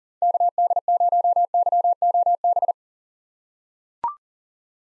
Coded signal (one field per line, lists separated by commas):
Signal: Morse code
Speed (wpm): 40 wpm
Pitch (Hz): 700 Hz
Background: none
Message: KD0YOB